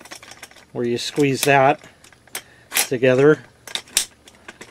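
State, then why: Seated. Spring buttons on an RM RICOMAX metal detector shaft tube section are squeezed as the metal tube section is pushed into the next one while someone talks, with small rattling taps throughout. At 4.0 s the buttons pop into the holes with a sharp click, and the tube sections lock in place.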